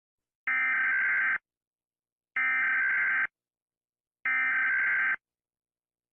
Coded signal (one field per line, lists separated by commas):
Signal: Emergency Alert System (SAME) tones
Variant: header bursts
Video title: Eas alarms animated s1: all together!